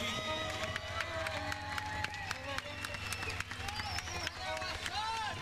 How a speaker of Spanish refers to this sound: No sin antes quisiera presentar a mis compañeros y pedir un fuerte aplauso en el saxofón y en los malabares.